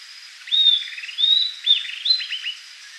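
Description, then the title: Southern antpipit song of sharp whistled slurs and fast chipping runs, over a steady high-pitched hum of background noise. "LuckyPassaro Completos2Sama. Southern Antpipit (Corythopis delalandi)"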